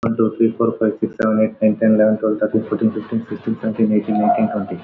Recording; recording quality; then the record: counting at a fast pace; excellent, no background noise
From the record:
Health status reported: COVID-19 positive, mild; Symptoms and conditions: cough, cold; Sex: male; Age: 54 years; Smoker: not ticked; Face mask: worn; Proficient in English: yes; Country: India